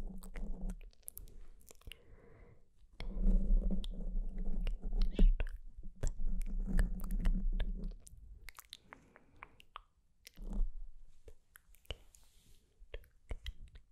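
Soft, unintelligible whispering comes in low murmured bursts, loudest between about three and eight seconds and again briefly near ten seconds. Sharp little clicks and rustles from hand movements scatter throughout, filling the quieter gaps.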